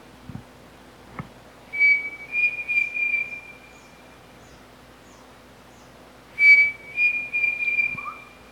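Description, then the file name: Pavonine cuckoo song: two phrases of level, clear whistled notes about three seconds apart, with a couple of soft clicks at the start and a low rising whistle at the end. "canto do peixe frito pavonino"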